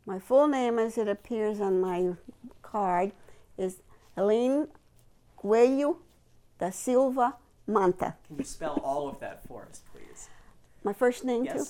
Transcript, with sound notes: My full name as it appears on my card is Helene Coelho Da Silva Nanta. (laughs)
Can you spell all of that for us please?
My first name too?